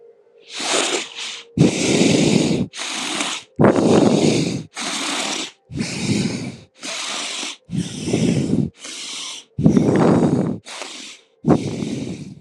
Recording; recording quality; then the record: shallow breathing; excellent, no background noise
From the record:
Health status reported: healthy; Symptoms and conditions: none ticked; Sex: male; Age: 25 years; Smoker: yes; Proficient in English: yes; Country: India